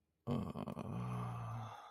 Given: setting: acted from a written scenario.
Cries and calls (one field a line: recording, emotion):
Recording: vocal sound without words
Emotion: ecstasy